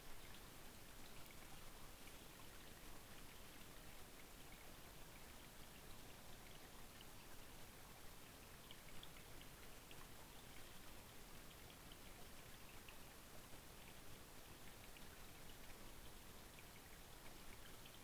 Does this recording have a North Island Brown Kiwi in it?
no